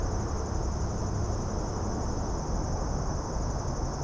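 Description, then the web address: Insects in a steady chorus, a continuous high drone without breaks, over a constant low rumble of suburban din. Suburban setting, daytime ambience. "Suburban din day insects. boom library Urban and Suburban"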